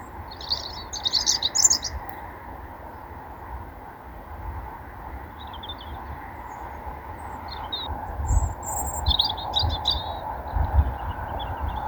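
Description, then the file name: European robin song: several short, high twittering phrases, strongest near the start and end, over a loud steady low rumble. Allihies, Ireland. "Robin at Allihies"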